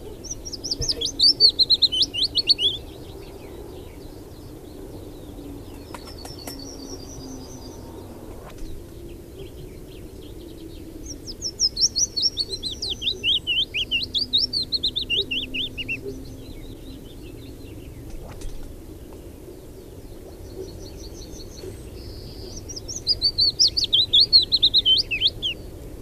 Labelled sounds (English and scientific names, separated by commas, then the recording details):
Willow Warbler (Phylloscopus trochilus) song
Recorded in the wild
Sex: male
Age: adult
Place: Hallstadt, Bayern, DE
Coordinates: 49.9314, 10.8503
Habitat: willow thicket
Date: 1963-06-30
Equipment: Vollspur, Original
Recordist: Tretzel, Erwin
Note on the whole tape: Hallstadt, Main-Altwasser (Weidendickicht): Fitis: Gesang (Doppelstrophe)